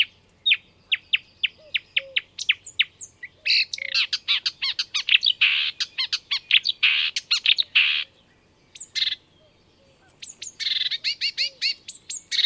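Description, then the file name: Marsh warbler song mixing high piping notes with harsh buzzy runs and quick trills, broken by brief pauses. "enekes nadiposzata hangja"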